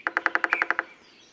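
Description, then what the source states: Acorn woodpecker rapid call, nine harsh evenly spaced notes in under a second, ending abruptly. Recorded at granaries.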